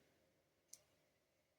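A small tactile switch is threaded onto the end of a long, narrow trigger circuit board near its close-set contacts and pressed down. It gives a single sharp, bright click at 0.7 s over a quiet background, seating flush against the board with no gap.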